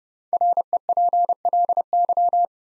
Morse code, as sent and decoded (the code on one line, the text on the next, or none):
.-. . .--. .-.. -.--
REPLY